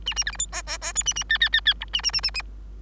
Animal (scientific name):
Lonchura striata domestica